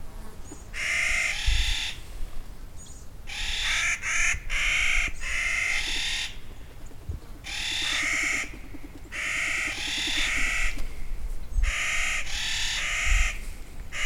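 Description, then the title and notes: Clark's Nutcrackers trading long, rasping, grating calls in bursts, one answering another, with short gaps between phrases throughout. A summer band counter singing; close cohorts of the endangered whitebark pines of the Pacific Northwest. "a summer band of Clark's Nutcrackers -- counter singing -- close cohorts of the endangered WHITEBARK Pines, great NESTOR of the Pacific NORTHWEST"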